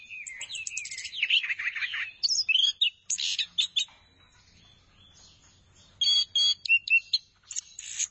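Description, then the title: Thrush singing a fast, varied phrase of chattering and sliding whistles, then falling silent for about two seconds before a burst of sharp repeated notes. "burung anis x"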